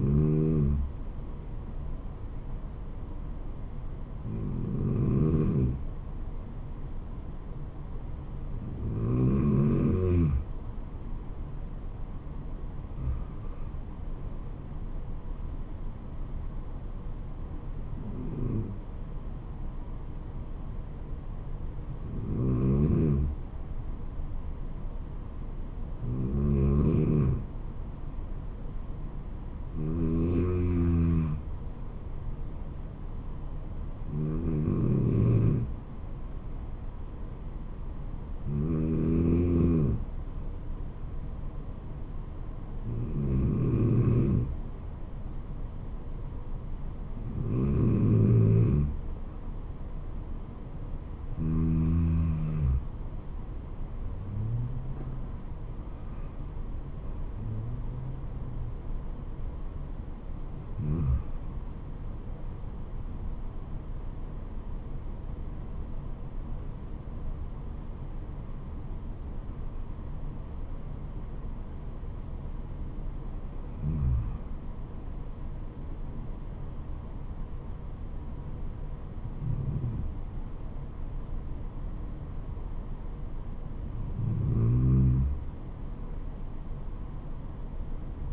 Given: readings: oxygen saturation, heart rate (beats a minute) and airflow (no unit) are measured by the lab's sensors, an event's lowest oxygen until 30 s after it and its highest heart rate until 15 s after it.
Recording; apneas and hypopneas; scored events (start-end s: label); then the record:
breathing in sleep by a smartphone at the bedside; 1
38.00-64.50 s: hypopnea (N2, oxygen 93% highest, then 93% lowest, heart rate 75 at the start, 77 highest)
62.00-88.33 s: new sleep stage, N1 (lightest sleep)
From the record:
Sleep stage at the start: N2 (light sleep); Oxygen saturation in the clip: 92 to 95%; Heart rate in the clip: 65 to 77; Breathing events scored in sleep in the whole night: 426 in 7.4 hours asleep